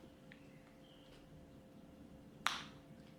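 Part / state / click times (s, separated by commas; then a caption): sunglasses lens into frame groove / seated / 2.5 s. A replacement lens for Oakley Juliet sunglasses is pushed in on its remaining side until it snaps into the frame groove. A faint tick comes at 0.3 s, then a sharp, bright pop at 2.5 s as the lens seats. This pop is normal.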